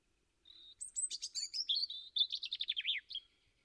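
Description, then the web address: European robin song: a short, clear phrase of high, thin whistles opening with a sustained note, then rapid varied twitters and a quick descending trill, in silence. "Deverinetal 2025"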